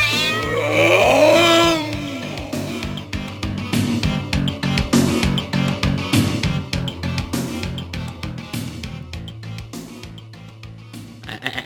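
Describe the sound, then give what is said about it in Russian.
A cat lets out a loud, wavering, drawn-out yowl that rises and falls in pitch for about two seconds, then gives way to a steady rhythmic pattern of thumps and low tones. “Якое страхоцце, боже ж мой. Бывай, бедны мурлыка.”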